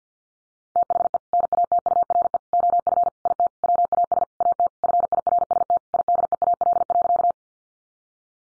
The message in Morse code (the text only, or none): THE NATURE OF IT WAS AT FIRST IDEAL.